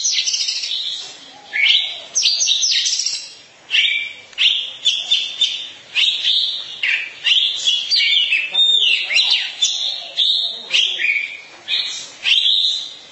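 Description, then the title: Oriental magpie-robin singing a rich mix of clear whistles and harsh buzzy phrases, delivered in quick bursts roughly every second with short gaps between. Long-duration song. "Kacer Durasi Panjang"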